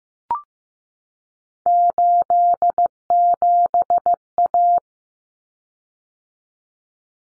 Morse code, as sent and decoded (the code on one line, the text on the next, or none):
---.. --... .-
87A